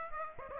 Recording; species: mosquito wingbeat signal from an infrared sensor; Aedes aegypti